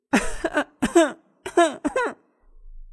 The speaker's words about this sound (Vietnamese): Hai người bật lên tiếng ho